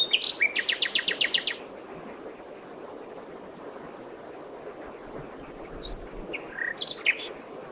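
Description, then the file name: Common nightingale song: a fast series of repeated notes, followed after a pause by a few varied whistles and chirps. "Luscinia megarhynchos"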